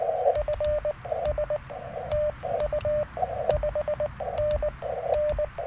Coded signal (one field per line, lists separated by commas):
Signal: Morse code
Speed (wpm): 19 wpm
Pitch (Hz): 600 Hz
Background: radio noise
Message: FS TU 5NN